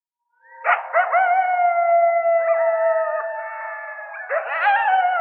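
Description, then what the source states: Coyotes in chorus, several overlapping sustained howls with harmonic bands, some gently falling, broken by short yipping bursts at the start and near the end. Coyote family group rally: whole group gathering to promote social bonds; howls and yips establish territories and maintain family bonds.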